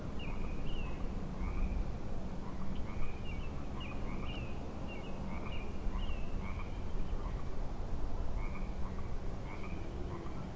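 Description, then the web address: Frogs chorusing with many quick, slurred chirps against a steady low rumble. Frog chorus at Grafton Lake, recorded 3 May 2009. "The Frog Chorus Tunes Up On Grafton Lake"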